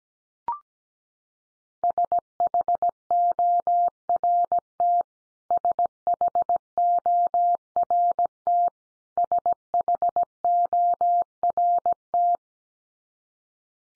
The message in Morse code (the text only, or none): SHORT SHORT SHORT